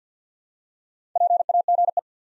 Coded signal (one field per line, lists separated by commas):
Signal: Morse code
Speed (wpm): 50 wpm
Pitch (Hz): 700 Hz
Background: none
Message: PAGE